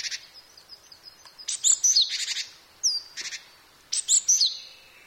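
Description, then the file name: Japanese tit calls: high thin notes followed by buzzy, harsh bursts, repeated in short groups with pauses between. "shijukara"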